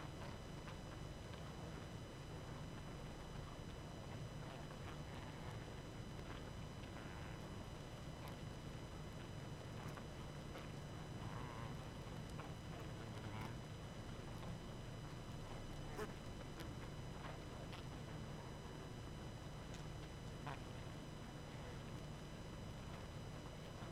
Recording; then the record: honeybee colony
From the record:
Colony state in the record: active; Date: 12 June 2018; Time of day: 20:51